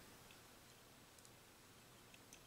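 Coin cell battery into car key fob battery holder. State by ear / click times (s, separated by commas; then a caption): not seated / none. A new CR2032 coin cell is placed into the battery holder of a Honda Odyssey key fob and handled at the front, ready to be pushed down. A few faint, short ticks around 1.3, 2.2 and 2.3 seconds sit over a steady low hiss. The clip ends before the battery snaps into place, so nothing has seated or clicked yet.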